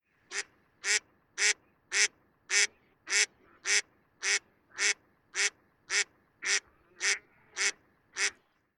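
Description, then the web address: Mallard giving harsh, buzzy quacks at a steady pace, about one every half second, fifteen in a row with no other clear sounds. "magamo"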